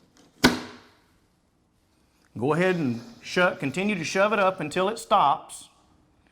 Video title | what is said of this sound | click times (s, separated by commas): How to Fix a mini blind actuator with Woodco | the actuator up until you hear it pop once. | 0.5 s